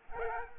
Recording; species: mosquito wingbeat signal from an infrared sensor; Aedes aegypti